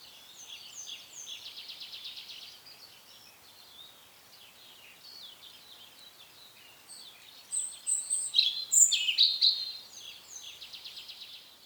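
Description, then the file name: European robin singing thin, high warbling phrases with quick trills, then a louder burst of sharp, tinkling notes later on. "Erithacus rubecula"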